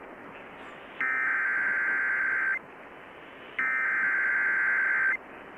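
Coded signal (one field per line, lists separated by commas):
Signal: Emergency Alert System (SAME) tones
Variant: header bursts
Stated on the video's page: Severe weather alerts received by DXing.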